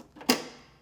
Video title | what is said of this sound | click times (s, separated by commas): Globe Slicer Cleaning and Sanitizing Instructions | make sure it snaps back into place on the ring guard | 0.3 s